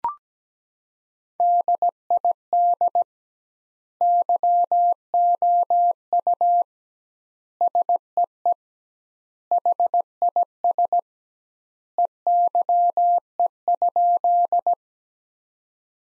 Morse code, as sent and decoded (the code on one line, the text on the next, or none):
-.. .. -.. / -.-- --- ..- / ... . . / .... .. ... / . -.-- . ..--..
DID YOU SEE HIS EYE?